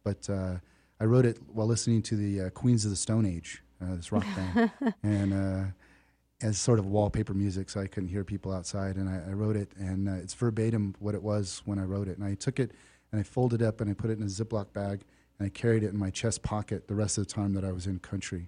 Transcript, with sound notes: But I wrote it while listening to the Queens of the Stone Age, this rock band...
(Laughter).
...And as sort of wallpaper music so I couldn't hear people outside. And I wrote it. And it's verbatim what it was when I wrote it. And I took it. And I folded it up. And I put it in a Ziploc bag. And I carried it in my chest pocket the rest of the time that I was in country.